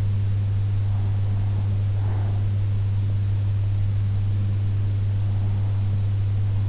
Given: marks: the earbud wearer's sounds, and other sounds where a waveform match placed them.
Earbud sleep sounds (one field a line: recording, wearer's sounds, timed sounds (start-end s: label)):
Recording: sounds in sleep by an in-ear microphone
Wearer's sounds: breath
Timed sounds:
0.78-2.78 s: breath